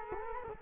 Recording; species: mosquito wingbeat signal from an infrared sensor; Culex quinquefasciatus